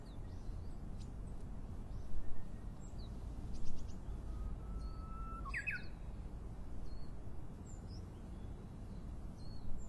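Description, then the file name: Japanese bush warbler song: a drawn-out level whistle ending in an abrupt flourish, with scattered high chirps from other birds before and after. Recorded in 2012. "uguisu 2012"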